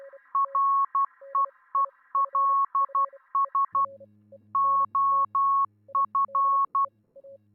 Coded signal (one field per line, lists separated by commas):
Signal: Morse code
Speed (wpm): 12 wpm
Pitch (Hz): 1100 Hz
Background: none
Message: REELS OF